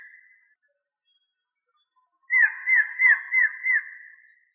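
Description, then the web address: Variable antshrike calling a run of five downslurred whistled notes in quick even rhythm, after the faint tail of an earlier series. "inkaterra asociacion org. Variable Antshrike"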